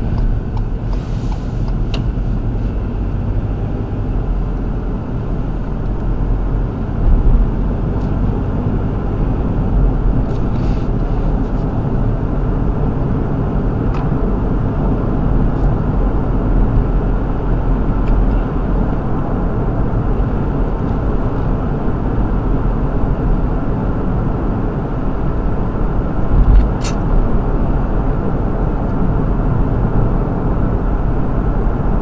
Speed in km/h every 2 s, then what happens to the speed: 29, 35, 39, 44, 47, 52, 53, 56, 58, 60, 61, 61, 61, 63, 64, 63.
0-15 speeds up to 58. 15-32 steady at about 61.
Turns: none.